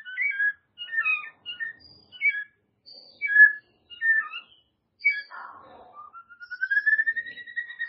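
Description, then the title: White-rumped shama song: short varied whistled phrases separated by brief pauses, ending in a long clear whistle that rises and then holds steady. "murai batu"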